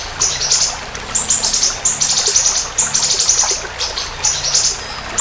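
Siri-siri bird song: very high, thin chirps clustered into short bursts and buzzy trills, repeated about once a second.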